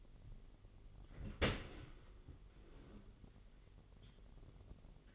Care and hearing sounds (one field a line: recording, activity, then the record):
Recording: daily activity, microphone in the room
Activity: open dishwasher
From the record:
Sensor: 4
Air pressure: 999.0 hPa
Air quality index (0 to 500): 126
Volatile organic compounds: 2 ppm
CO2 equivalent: 1238 ppm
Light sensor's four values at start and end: 7/17/6/7 and 7/17/6/7